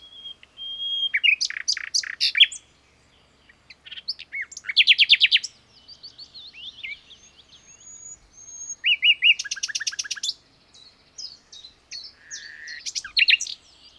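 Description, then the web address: Common nightingale singing varied phrases: a thin drawn whistle, then loud fast rattling note series and twittering, separated by short silences. "SETE data Luscinia megarhynchos"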